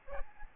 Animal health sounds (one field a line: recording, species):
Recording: mosquito wingbeat signal from an infrared sensor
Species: Aedes albopictus